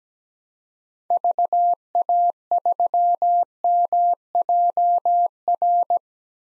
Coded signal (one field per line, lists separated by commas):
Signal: Morse code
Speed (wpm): 17 wpm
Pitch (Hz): 700 Hz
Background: none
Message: VA3MJR